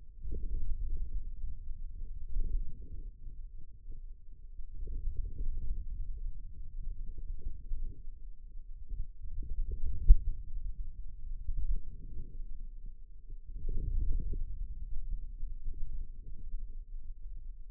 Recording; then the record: forearm muscle sounds (acoustic myography)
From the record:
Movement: ulnar deviation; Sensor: system 2, bracelet of six BSWA MPA416 microphones around the upper forearm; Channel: 4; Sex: male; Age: 22 years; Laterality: right